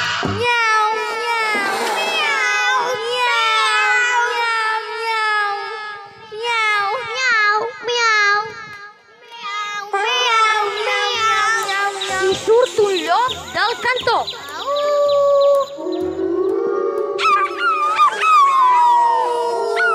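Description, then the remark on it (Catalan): A human voice imitates a cat with long, wavering, whiny meows and yowls, sliding up and down in pitch almost continuously, loud and strained, with brief pauses between phrases. “Aleshores salta un gat.”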